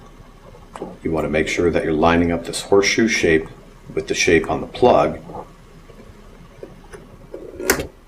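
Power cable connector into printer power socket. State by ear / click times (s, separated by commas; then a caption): seated / 7.7 s. Someone talks while a power cable's horseshoe-shaped connector is lined up with the matching shape on the printer's power socket and pushed in. A solid click at 7.7 s marks the plug locking into place, seated snugly.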